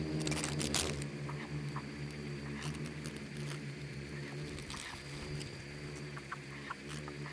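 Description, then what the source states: Insects swarming, a steady low droning hum layered with dense irregular ticking and pattering clicks, plus a thin high whine running throughout. Bugs and beetles swarming in the Namib desert; a desert seeming quiet at first listen but full of soundscapes and micro-sounds.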